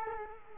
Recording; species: mosquito wingbeat signal from an infrared sensor; Culex quinquefasciatus